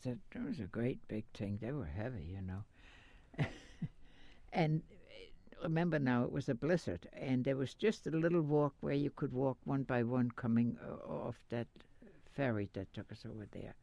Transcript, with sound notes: It was a great big thing. They were heavy, you know. (she laughs) And remember now, it was a blizzard and there was just a little walk where you could walk one by one coming off that ferry that took us over there.